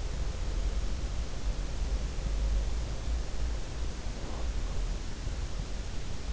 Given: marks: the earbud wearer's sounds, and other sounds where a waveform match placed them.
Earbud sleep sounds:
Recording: sounds in sleep by an in-ear microphone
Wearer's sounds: breath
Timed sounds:
4.07-4.74 s: breath

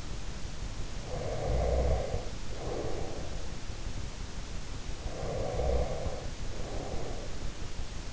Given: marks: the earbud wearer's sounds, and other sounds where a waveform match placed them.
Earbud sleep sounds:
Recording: sounds in sleep by an in-ear microphone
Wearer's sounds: breath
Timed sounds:
0.99-3.92 s: breath
4.78-8.13 s: breath

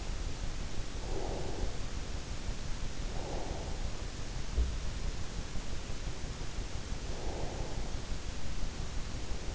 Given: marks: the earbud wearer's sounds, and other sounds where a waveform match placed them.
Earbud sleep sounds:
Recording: sounds in sleep by an in-ear microphone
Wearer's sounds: breath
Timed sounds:
0.91-4.28 s: breath
6.94-9.55 s: breath

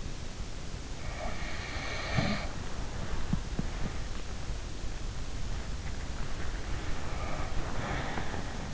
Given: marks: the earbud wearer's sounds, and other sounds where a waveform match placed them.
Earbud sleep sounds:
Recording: sounds in sleep by an in-ear microphone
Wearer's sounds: snoring breath, breath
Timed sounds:
1.31-3.36 s: snoring breath
6.93-8.73 s: breath

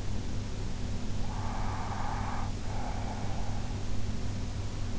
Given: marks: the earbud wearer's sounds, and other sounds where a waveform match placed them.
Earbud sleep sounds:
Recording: sounds in sleep by an in-ear microphone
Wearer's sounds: breath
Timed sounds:
1.16-3.83 s: breath

